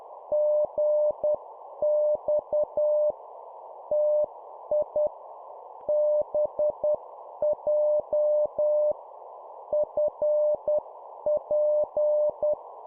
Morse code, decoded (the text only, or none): GX TI BJ FP